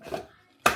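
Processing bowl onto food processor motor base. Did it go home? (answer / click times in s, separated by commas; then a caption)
yes / 0.7 s. The plastic processing bowl of a Kenwood MultiPro Go FDP22 130 food processor is turned on its motor base, lining up the triangle with the line. A soft scrape near 0.1 s gives way to a sharp, loud click at 0.7 s as the bowl locks into place. The bowl is confirmed seated on the base.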